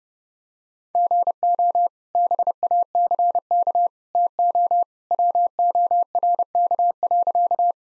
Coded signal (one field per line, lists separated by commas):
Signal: Morse code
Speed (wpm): 30 wpm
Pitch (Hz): 700 Hz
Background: none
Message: GO BACK TO WORK.